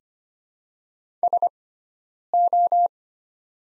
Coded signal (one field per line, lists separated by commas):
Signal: Morse code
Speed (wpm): 25 wpm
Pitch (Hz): 700 Hz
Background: none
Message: SO